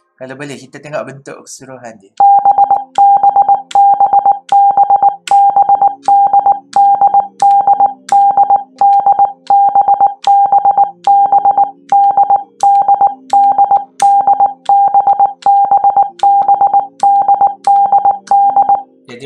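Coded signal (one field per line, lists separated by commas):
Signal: Morse code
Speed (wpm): 19 wpm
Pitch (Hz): 800 Hz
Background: speech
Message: BBBBBDDDDDBBBDDDDBBBDDD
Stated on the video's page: Morse code learning tips for the letters B and D, practiced with the CW Player app.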